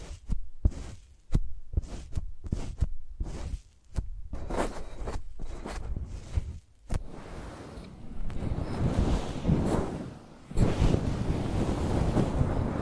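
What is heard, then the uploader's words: Microphones are rubbed and tapped like pencils, starting as a quick, regular run of short scratchy strokes, each with a soft knock. After about seven seconds the strokes merge into a dense, continuous rushing scratch, briefly cutting out near ten seconds before resuming. ASMR Using Mics as Pencils (No Talking).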